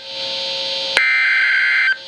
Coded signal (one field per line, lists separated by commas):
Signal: Emergency Alert System (SAME) tones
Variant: header bursts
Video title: [2x HEADER] Tornado Watch 866 Expansion [EAS 83-84] | NOAA Weather Radio (10/13/2011)